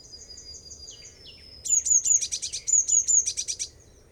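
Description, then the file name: Tit warning call: a few thin, high whistled notes, then a sudden run of fast, sharp, very high clicking notes repeated for about two seconds. Warning call; recorded 25 April 2007. "Tit Warning Call 2007 04 25"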